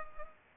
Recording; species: mosquito wingbeat signal from an infrared sensor; Culex pipiens